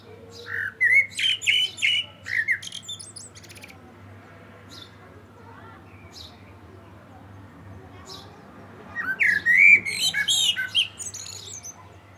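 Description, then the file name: Common blackbird song in two phrases separated by several seconds of quiet, each a fluty warble followed by high squeaky twitters. "Turdus merula"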